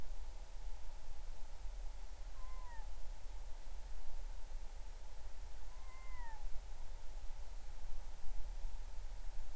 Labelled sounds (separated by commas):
bird